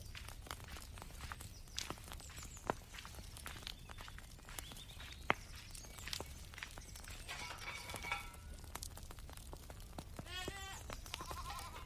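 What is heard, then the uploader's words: Medieval life ambience: a steady low rumble sits under frequent sharp knocks and clatters, with louder hits near 3 and 5 seconds. Short wavering, chirping calls break through around 8 seconds and again from 10 to 11 seconds. Medieval life ASMR Ambience.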